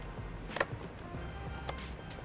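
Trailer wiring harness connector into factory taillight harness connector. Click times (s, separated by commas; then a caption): 0.6 s. On a 2015 Dodge Durango, a new trailer wiring harness's slotted connector is pushed onto the factory taillight harness pin connector. Two close, sharp clicks at 0.6 s and 0.6 s show it has seated, over a steady background hum. A fainter tick follows at 1.7 s.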